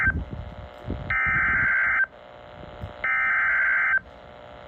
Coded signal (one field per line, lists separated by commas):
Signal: Emergency Alert System (SAME) tones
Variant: header bursts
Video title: (EAS #423) Severe Thunderstorm Warning for Ogle, Illinois